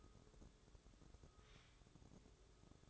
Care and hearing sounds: daily activity, microphone in the room; take from stove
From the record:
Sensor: 3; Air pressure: 1008.0 hPa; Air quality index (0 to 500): 122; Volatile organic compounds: 2 ppm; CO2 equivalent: 1013 ppm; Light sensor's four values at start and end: 9/20/8/8 and 9/20/8/8

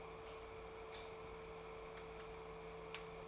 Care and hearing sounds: daily activity, microphone in the room; light off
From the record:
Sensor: 1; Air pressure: 1014.6 hPa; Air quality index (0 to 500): 175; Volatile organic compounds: 14 ppm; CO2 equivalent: 2472 ppm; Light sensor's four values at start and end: 41/108/45/53 and 38/95/40/49

